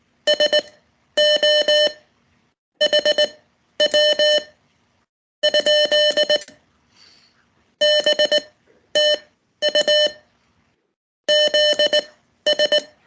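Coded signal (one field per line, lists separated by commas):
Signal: Morse code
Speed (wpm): 19 wpm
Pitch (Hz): 600 Hz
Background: none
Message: SO HW ? BTU ZS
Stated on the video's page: Weekly Morse code practice session held over Skype.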